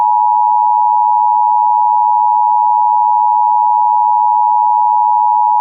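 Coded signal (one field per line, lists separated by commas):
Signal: Emergency Alert System (SAME) tones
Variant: 853 and 960 Hz attention tone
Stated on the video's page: Simulated special weather statement SAME tones, based on a real event but fake.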